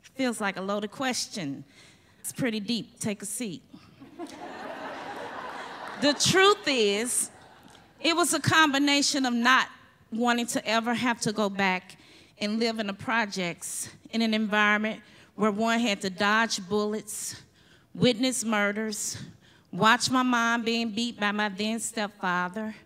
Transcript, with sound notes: feels like a loaded question. It’s pretty deep, take a seat. [laughter] The truth is, it was a combination of not wanting to ever have to go back and live in a projects in an environment where one had to dodge bullets, witness murders, watch my mom being beat by my damn stepfather.